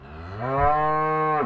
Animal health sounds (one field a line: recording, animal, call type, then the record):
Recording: contact call of a hoofed animal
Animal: cattle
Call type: low-frequency (closed-mouth) or high-frequency (open-mouth) call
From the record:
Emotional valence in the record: negative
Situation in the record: full separation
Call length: 1.46 s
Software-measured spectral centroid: 1010 Hz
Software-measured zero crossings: 1610 a second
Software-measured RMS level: -23 dBFS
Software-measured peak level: -9 dBFS